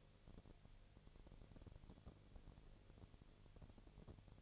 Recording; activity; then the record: daily activity, microphone in the room; no activity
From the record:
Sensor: 4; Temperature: 22.4 degrees Celsius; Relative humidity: 31.2%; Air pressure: 1004.1 hPa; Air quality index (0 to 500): 85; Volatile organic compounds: 1 ppm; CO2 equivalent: 767 ppm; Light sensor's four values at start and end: 2/3/1/1 and 2/3/1/1